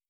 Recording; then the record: hydrophone in a shrimp aquaculture tank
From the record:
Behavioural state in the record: stressed